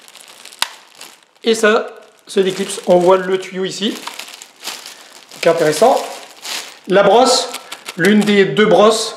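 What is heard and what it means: Someone presses the release button on the articulated arm of a Rowenta X-Force Flex 8.60 stick vacuum, and the plastic tube joint unlocks and folds. A sharp, loud click comes at 0.6 s, with faint small ticks around it. Someone talks for the rest of the clip, and the folding joint ends up released.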